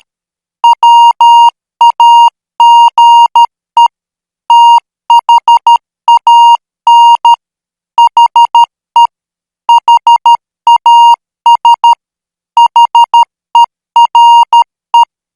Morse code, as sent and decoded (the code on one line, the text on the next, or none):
.-- .- --. . / - .... .- -. / .... . / .... .- ... / .... . .-. .
WAGE THAN HE HAS HERE